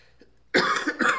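After a brief quiet lead-in, an adult gives two rough, forceful coughs in close succession in a small room. It is a loose, junky-sounding productive cough, the kind that comes with mucus in the airways, and it has lasted for weeks.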